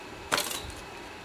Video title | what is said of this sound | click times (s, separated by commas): How to install Yamaha Raptor 700R FCI Intake MSD Fuel controller | pops right in. | 0.3 s